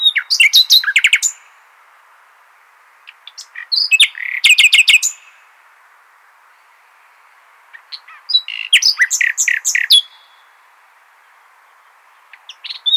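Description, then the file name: Common nightingale producing several bursts of song, each a dense jumble of rapid clicks, chirps and repeated notes, separated by quiet pauses. "Luscinia megarhynchos"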